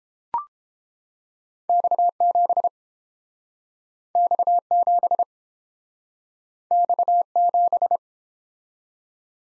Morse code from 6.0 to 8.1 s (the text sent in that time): X7